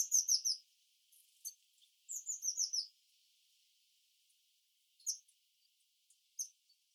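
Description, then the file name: Eurasian blue tit calls, two quick descending series of high notes, followed by scattered single sharp notes. "Cyanistes caeruleus"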